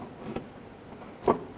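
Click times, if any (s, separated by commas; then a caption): none. A bulb socket is lined up in the front marker light housing of a 1997-2006 Jeep Wrangler and handled for a clockwise twist-lock. Two short rubbing handling sounds occur, a faint one near 0.4 s and a louder one near 1.3 s, over a quiet background. Nothing has seated or clicked yet.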